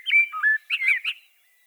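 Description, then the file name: Common blackbird song phrase, a short run of rich fluted whistles dipping and rising, closed by a few squeaky high notes. "Turdus merula"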